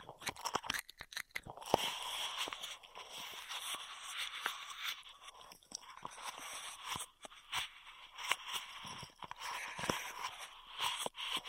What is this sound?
Intense Straw Triggers